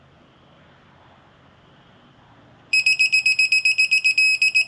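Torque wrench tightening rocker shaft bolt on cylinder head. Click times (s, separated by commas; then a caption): 4.2 s. A digital torque wrench tightens a rocker shaft bolt on a cylinder head while low background noise plays for the first couple of seconds. At about 2.7 s it starts a rapid run of short, high-pitched beeps, then gives a longer beep at 4.2 s as it reaches the set torque.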